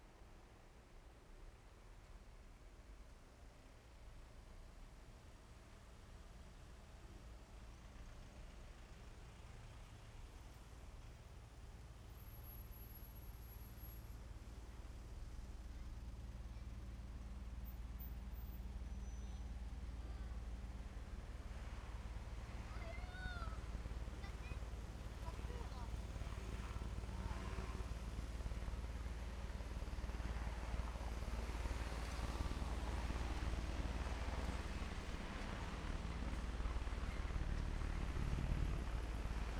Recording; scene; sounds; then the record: everyday scene through a hearing-aid microphone; in traffic; traffic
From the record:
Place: main road on the outskirts, rush hour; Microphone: behind the ear, left, front